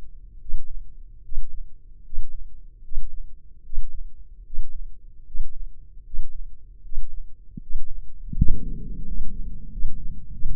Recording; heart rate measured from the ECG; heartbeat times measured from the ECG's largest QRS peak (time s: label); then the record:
heart sounds by microphone in the left ear; 79 bpm
0.39 s: heartbeat
1.23 s: heartbeat
2.04 s: heartbeat
2.82 s: heartbeat
3.63 s: heartbeat
4.44 s: heartbeat
5.25 s: heartbeat
6.04 s: heartbeat
6.83 s: heartbeat
7.61 s: heartbeat
8.35 s: heartbeat
9.04 s: heartbeat
9.70 s: heartbeat
10.32 s: heartbeat
From the record:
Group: healthy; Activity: breath hold 0-9 s, rest 9-11 s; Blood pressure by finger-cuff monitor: 151/92 mmHg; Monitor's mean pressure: 107 mmHg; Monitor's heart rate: 75 bpm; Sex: male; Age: 23 years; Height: 179 cm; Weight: 87 kg